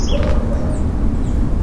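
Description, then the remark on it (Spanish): A few faint, high-pitched chirps from small birds in a house's backyard in San Andrés, Greater Buenos Aires, Argentina, come through sporadically over a steady low rumble of outdoor background noise, with no one speaking. “En el fondo de mi casa se escuchan los pajaritos.”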